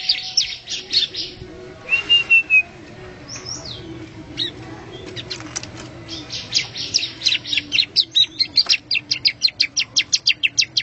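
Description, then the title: Bar-winged prinia song: bursts of high, clipped chirps, a short whistled note, then a long run of sharp repeated notes near the end. "Suara Burung Ciblek"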